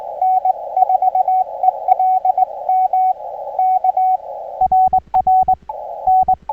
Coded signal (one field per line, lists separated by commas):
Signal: Morse code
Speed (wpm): 22 wpm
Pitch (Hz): 750 Hz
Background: radio noise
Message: N4ELM K RR N